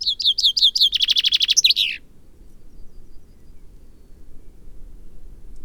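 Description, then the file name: Common Chaffinch song: rapid run of bright repeated notes speeding into a trill and closing with an emphatic flourish, followed by quiet. "Fringilla coelebs"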